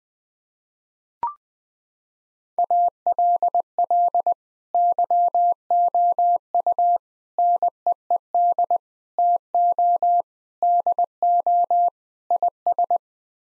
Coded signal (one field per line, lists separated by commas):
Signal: Morse code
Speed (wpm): 20 wpm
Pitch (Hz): 700 Hz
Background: none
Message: ALL YOU NEED TO DO IS